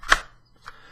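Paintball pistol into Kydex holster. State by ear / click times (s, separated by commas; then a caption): seated / 0.1 s. A paintball pistol is pushed into a molded Kydex holster and snaps into place with a sharp, bright snap at 0.1 s, which means the pistol is secure and will not fall out. A much quieter click follows at about 0.7 s.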